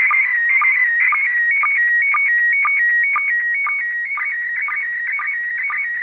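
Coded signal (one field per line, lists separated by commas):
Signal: SSTV (slow-scan television)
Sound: warbling, chirpy tone jumping in pitch, with a short low blip about every half second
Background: radio static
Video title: ISS SSTV decode Part1! 30° elev.! 1/12/2021! 18:44MEZ (17:44UTC)!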